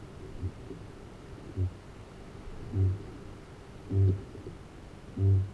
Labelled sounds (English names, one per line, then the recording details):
Kākāpō boom
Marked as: faintness 2/5
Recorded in New Zealand
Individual Arab